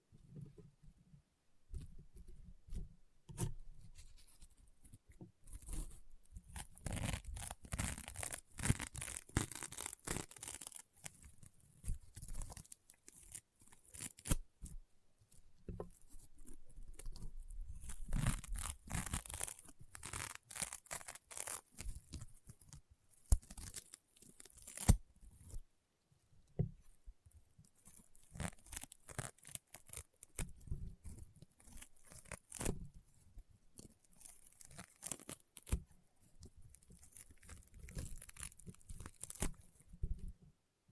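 Dense crunchy and popping slime sounds in rapid irregular bursts, crisp and bright, with brief quiet gaps around 14, 26 and 32 seconds.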